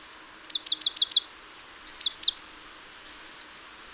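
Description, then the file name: Marsh tit calling in a fast burst of five sharp, high chips, then two more and a single thin note, over quiet background hiss. "Poecile palustris"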